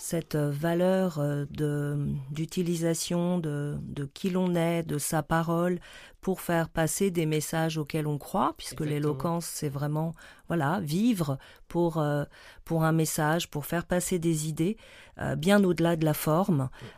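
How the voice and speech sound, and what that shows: A woman speaks French in a clear, steady voice with brief pauses and a few drawn-out sounds; ordinary fluent speech.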